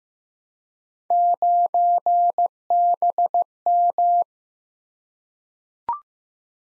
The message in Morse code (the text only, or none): 9BM